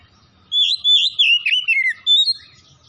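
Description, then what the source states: Oriental magpie-robin with a short, sweet whistled phrase of several connected notes wavering up and down. Kacer singing vigorously (gacor) from Tretes.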